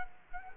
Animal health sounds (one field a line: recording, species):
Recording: mosquito wingbeat signal from an infrared sensor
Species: Culex quinquefasciatus